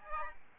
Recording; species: mosquito wingbeat signal from an infrared sensor; Aedes albopictus